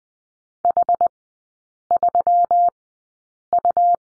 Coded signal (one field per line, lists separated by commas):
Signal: Morse code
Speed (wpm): 20 wpm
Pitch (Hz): 700 Hz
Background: none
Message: H3U